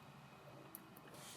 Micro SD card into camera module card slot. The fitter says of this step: then you just want to push it until it clicks. Just